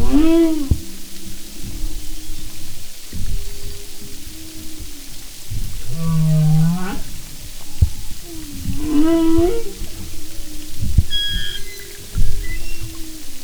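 Humpback whale song: a series of varied units, with arching harmonic cries, low steady moans and a quick upswept whine, plus scattered low knocks and steady hiss.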